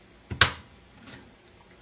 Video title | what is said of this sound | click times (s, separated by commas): Install and Remove RAM.mp4 | and those plastic tabs should click and lock into place | 0.4 s